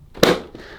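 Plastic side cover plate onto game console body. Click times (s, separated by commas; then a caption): 0.2 s. A second plastic side cover plate is pressed onto a PS5 game console body and clips into place with a sharp snap at 0.2 s. The snap is followed by a faint, softer tick near 0.6 s, and the cover ends up seated.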